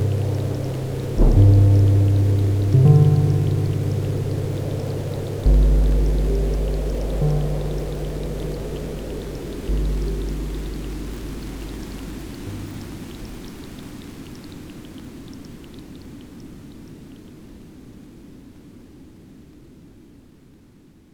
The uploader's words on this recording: Relax to the sounds of a rain storm, with some calming chords to help you reach a peaceful state. Rain Storm with Transient Chords.